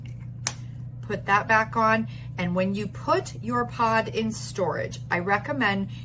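A plastic tail cap is put back onto a TEMPTU airbrush makeup pod for storage, seating with one sharp snap at 0.5 s. Someone talks over the rest of the clip.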